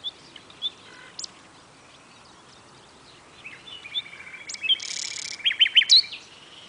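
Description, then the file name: Common nightingale song, a few scattered notes and a quiet stretch, then a louder burst of high chirps and a short run of rapid repeated notes near the end. "Luscinia megarhynchos"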